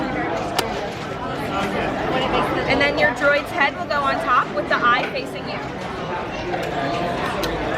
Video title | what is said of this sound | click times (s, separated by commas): Florida Apr 2022 Day 2 - Hollywood Studios - Rise of the Resistance - Droid Building at Droid Depot | You're going to push this foot in at the bottom until you hear it snap in place. | 0.6 s